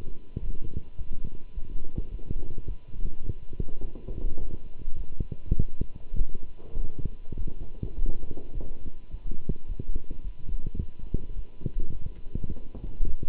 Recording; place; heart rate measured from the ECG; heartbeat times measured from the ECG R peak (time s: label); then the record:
heart sounds by stethoscope; between the tricuspid and mitral areas; 104 bpm
0.41 s: heartbeat
0.98 s: heartbeat
1.55 s: heartbeat
2.11 s: heartbeat
2.67 s: heartbeat
3.24 s: heartbeat
3.82 s: heartbeat
4.40 s: heartbeat
4.97 s: heartbeat
5.57 s: heartbeat
6.18 s: heartbeat
6.77 s: heartbeat
7.37 s: heartbeat
7.97 s: heartbeat
8.54 s: heartbeat
9.11 s: heartbeat
9.68 s: heartbeat
10.24 s: heartbeat
10.80 s: heartbeat
11.36 s: heartbeat
11.92 s: heartbeat
12.48 s: heartbeat
13.07 s: heartbeat
From the record:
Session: walking at 3.7 km/h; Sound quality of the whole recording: good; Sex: male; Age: 24 years